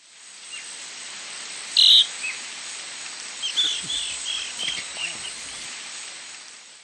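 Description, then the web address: Mottle-backed elaenia with one loud short note, followed by a run of softer chattering notes, all above a continuous buzzing insect background. Recorded in the eastern lowlands of South America. "Natures Songs S America Eastern Lowlands. Mottle-backed Elaenia"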